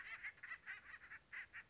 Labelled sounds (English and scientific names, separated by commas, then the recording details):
Acorn Woodpecker (Melanerpes formicivorus)
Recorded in Sonoma County, California